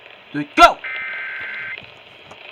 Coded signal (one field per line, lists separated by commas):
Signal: Emergency Alert System (SAME) tones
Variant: header bursts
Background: speech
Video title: I JUST TO BE A WATCH AND THEN A WARNING… EAS Alerts from 4/15/23 (EAS#180 & #213)